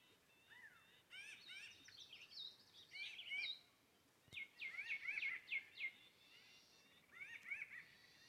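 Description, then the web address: Pinyon jays calling in quick bursts of nasal, slurred notes, a pause of about a second, then another rapid cluster and a few final calls. Several birds recorded at Escalante on 15 May 2022. "2022-05-15-escalante-bowington pinyon-jays"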